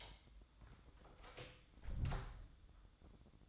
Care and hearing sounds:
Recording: daily activity, microphone in the room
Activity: close door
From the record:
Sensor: 3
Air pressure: 1004.8 hPa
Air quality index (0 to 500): 76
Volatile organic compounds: 2 ppm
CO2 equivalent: 1151 ppm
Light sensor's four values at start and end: 8/19/8/7 and 8/19/8/7

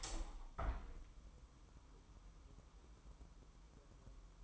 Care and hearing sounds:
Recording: daily activity, microphone in the room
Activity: open window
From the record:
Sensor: 1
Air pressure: 1000.3 hPa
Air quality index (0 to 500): 246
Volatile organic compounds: 139 ppm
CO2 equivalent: 3974 ppm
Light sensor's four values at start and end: 10/25/10/11 and 11/27/11/12

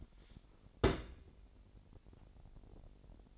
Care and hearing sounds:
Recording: daily activity, microphone in the room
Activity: place on stove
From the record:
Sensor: 5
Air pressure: 1012.3 hPa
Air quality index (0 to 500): 240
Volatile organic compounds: 4 ppm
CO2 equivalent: 1592 ppm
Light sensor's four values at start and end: 53/117/51/56 and 51/113/50/54

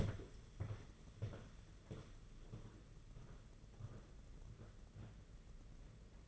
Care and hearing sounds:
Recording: daily activity, microphone in the room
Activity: walk to room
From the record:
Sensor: 4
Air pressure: 992.9 hPa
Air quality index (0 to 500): 174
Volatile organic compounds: 323 ppm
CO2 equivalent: 4530 ppm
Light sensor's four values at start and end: 4/10/4/4 and 4/10/4/4

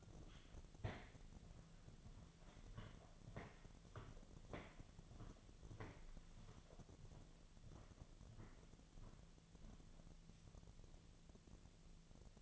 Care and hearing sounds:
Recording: daily activity, microphone in the room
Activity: walk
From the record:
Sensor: 4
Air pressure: 1009.1 hPa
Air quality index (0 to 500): 168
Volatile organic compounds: 4 ppm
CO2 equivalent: 1694 ppm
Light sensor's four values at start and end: 25/77/29/28 and 25/77/29/28

